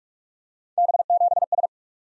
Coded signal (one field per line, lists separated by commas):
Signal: Morse code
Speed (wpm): 44 wpm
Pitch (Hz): 700 Hz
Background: none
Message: B7S